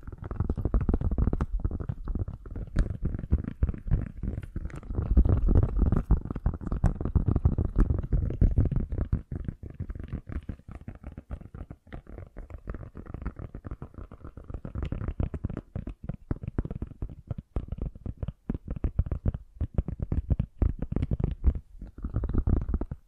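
Fast, gentle tapping runs continuously, a dense patter of soft, low-weighted taps with frequent brief gaps. It is busiest and loudest in the first ten seconds, thins slightly in the middle, then picks up again toward the end.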